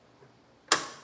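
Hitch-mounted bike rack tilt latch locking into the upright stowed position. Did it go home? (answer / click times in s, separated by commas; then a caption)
yes / 0.7 s. A Thule T2 Pro XTR 2 platform hitch bike rack on a 2022 Ford Edge is lifted by its handle and release button into its folded stowed position, so it can stay in the hitch without sticking out behind the bumper. After a quiet stretch, the tilt latch engages with a sharp metallic click at 0.7 s, followed by a short ringing decay. The rack is now locked in the upright stowed position.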